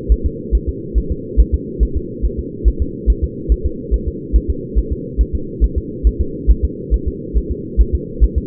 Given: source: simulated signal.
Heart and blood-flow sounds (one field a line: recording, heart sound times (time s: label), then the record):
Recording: fetal heart sounds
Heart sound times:
0.12 s: S1
0.26 s: S2
0.55 s: S1
0.69 s: S2
0.98 s: S1
1.12 s: S2
1.40 s: S1
1.54 s: S2
1.83 s: S1
1.97 s: S2
2.25 s: S1
2.39 s: S2
2.68 s: S1
2.82 s: S2
3.10 s: S1
3.24 s: S2
3.52 s: S1
3.66 s: S2
3.94 s: S1
4.08 s: S2
4.36 s: S1
4.50 s: S2
4.78 s: S1
4.92 s: S2
5.21 s: S1
5.35 s: S2
5.64 s: S1
5.78 s: S2
6.07 s: S1
6.21 s: S2
6.51 s: S1
6.65 s: S2
6.94 s: S1
7.08 s: S2
7.37 s: S1
7.51 s: S2
7.81 s: S1
7.95 s: S2
8.24 s: S1
8.38 s: S2
From the record:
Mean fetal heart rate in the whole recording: 140 bpm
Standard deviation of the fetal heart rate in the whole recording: 2 bpm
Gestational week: 34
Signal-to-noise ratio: -4.3 dB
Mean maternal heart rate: 72 bpm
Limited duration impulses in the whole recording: absent